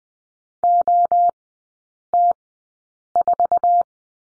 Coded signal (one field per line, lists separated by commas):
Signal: Morse code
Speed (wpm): 20 wpm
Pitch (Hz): 700 Hz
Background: none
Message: O T 4